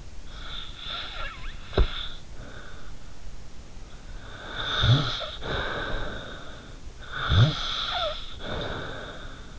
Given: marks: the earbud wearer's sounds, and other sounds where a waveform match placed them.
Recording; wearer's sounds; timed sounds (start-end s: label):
sounds in sleep by an in-ear microphone; snoring breath
0.26-2.86 s: snoring breath
4.16-6.67 s: snoring breath
7.10-9.59 s: snoring breath